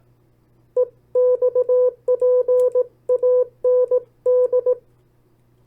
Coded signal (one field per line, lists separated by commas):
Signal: Morse code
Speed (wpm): 18 wpm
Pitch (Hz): 500 Hz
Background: none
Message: EXPAND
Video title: CW Copy Practice; 10 sets of Opposite Words. Learn CW, Learn Morse Code